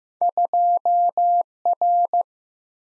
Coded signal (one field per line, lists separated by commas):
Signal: Morse code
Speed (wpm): 15 wpm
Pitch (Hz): 700 Hz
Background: none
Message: 2R